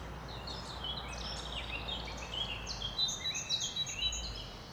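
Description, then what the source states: Birds chirping, scattered high twitters and short trills over a constant low rumbling background noise. Birds chirping in a forest.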